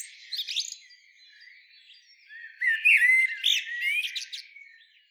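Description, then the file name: Common blackbird, low-level warbling that builds into a loud fluty phrase with scratchy high twitter near the end. "Turdus merula"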